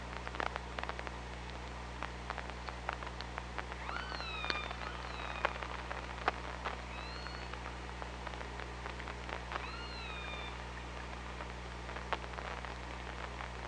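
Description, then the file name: Killer whale calls: three clear harmonic calls spread through the stretch, over scattered clicks and a low continuous underwater hum. OrcaLab hydrophone, 24 August 2017, 06:18. "Orca Lab UTLN JASON 20170824 061826"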